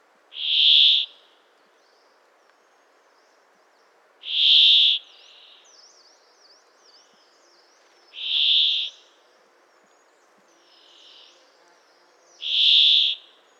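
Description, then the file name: Brambling calls: a single drawn-out, wheezy, buzzy note repeated about every four seconds, four in all, with faint thin chirps between them. "Fringilla montifringilla"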